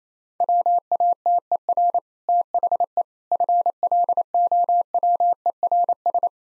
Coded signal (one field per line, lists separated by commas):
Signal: Morse code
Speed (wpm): 28 wpm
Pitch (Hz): 700 Hz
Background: none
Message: WATER THE FLOWERS